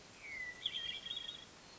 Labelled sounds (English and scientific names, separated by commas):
Hermit Thrush (Catharus guttatus)